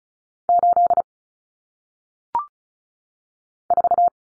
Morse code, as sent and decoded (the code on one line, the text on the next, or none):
---.. / ....-
8 4